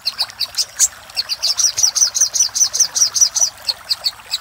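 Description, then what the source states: Little spiderhunter song: scattered high, clipped chips building into a brisk even series, then spaced notes again. Master recording used for training cage birds.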